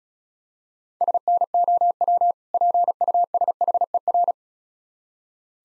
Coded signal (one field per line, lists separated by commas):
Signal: Morse code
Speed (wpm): 36 wpm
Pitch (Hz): 700 Hz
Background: none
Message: SNOW PUSHER